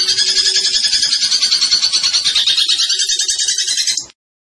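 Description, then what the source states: Zebra finch song: a continuous, rapid rattling trill of high pulses that runs for about four seconds and then stops abruptly. Tembakan bird singing actively (gacor); master recording used for training cage birds.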